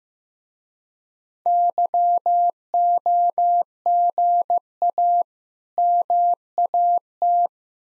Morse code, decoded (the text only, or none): YOGA MAT